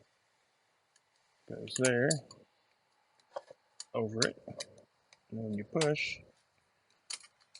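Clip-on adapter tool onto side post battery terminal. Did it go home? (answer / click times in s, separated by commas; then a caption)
no / none. A clamp-style adapter tool is pushed over a GM side post battery terminal while someone talks, with short clicks and ticks at about 1.0, 3.2, 3.4, 3.8, 7.1 and 7.6 seconds. The adapter has not clicked on or latched onto the terminal.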